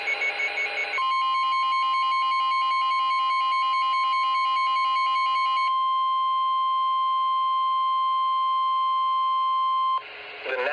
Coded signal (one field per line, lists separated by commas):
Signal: Emergency Alert System (SAME) tones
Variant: 1050 Hz attention tone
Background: speech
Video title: Severe Thunderstorm Warning EAS for Portland, Oregon on weather radio